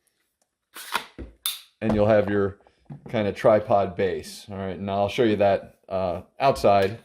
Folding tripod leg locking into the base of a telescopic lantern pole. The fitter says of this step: So all you're going to do is pull these down one at a time, click them,